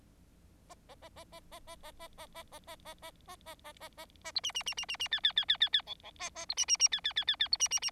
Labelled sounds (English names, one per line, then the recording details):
Bengalese Finch song
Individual Bird4